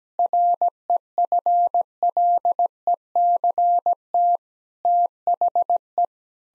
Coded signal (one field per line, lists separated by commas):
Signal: Morse code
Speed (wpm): 17 wpm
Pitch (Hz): 700 Hz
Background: none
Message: REFLECT THE